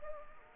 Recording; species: mosquito wingbeat signal from an infrared sensor; Anopheles arabiensis